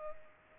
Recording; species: mosquito wingbeat signal from an infrared sensor; Culex pipiens